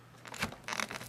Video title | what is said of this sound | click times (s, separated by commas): Dyson DC07 How To Install Hose Replacement DIY $18.95 Free Shipping! GoVacuum.com | all we're gonna do is take this slide the straight down tilt clips and locks and | 0.8 s